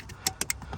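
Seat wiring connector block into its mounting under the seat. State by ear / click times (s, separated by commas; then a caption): seated / 0.5 s. A plastic seat wiring connector block is pushed back into its plastic holder under the seat of a Fiesta. A faint tick at 0.1 s is followed by sharp plastic clicks at 0.3 and 0.4 s, then the loudest click at 0.5 s, with fainter ticks around 0.6 and 0.7 s. The connector block clicks back in and seats at 0.5 s.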